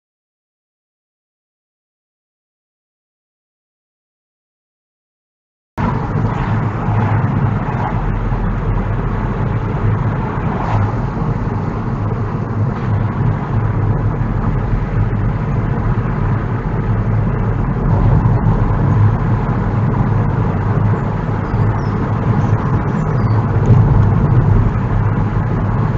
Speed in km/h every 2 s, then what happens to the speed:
32, 40, 39, 37, 40, 40, 39, 39, 39, 40, 40, 44, 39.
0-2 speeds up to 40. 2-26 steady at about 39.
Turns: none.